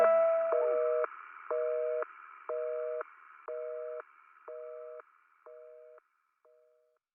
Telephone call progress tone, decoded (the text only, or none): busy tone